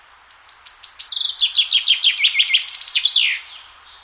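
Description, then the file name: Common chaffinch song: a bright series of sharp repeated notes in several trilled phrases, ending in a quick downward flourish, about three seconds long. "Fringilla coelebs"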